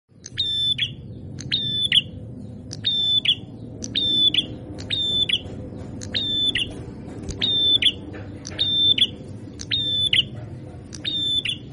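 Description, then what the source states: Prinia singing level whistled notes with clicked attacks, repeated about once a second over a constant low background rumble. Red-headed prenjak in full song (gacor), masteran training recording; said to make rival birds answer.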